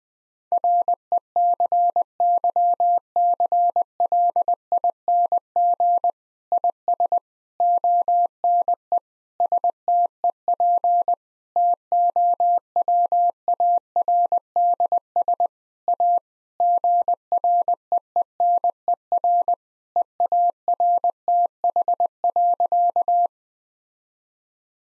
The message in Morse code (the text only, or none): RECYCLING IS ONE STEP TOWARDS A GREENER EARTH.